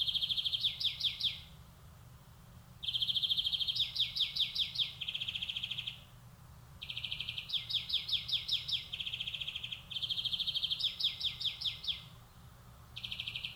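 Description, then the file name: European greenfinch in continuous song: trills run straight into bouncing twittered phrases, with short gaps between bursts, low steady background noise. "Chloris chloris"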